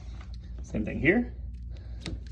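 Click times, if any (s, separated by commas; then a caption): 2.1 s. A quick-connect hose coupling on a Vitaeris 320 hyperbaric chamber is disconnected and pushed back into its fitting while someone talks. It snaps into place with a sharp click at 2.1 s, showing the coupling is seated.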